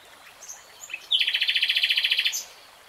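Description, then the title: Nightingale delivering a short, fast, buzzy trill of about fifteen evenly spaced notes lasting roughly a second, with faint notes before it. Singing; real-time recording. "Tiếng chim hót Nightingale Singing"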